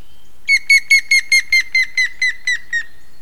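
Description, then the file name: Grey-headed woodpecker giving a run of roughly eleven pure whistled notes, evenly spaced, slightly descending and growing softer as the series closes. "hamvas küllő kiáltás"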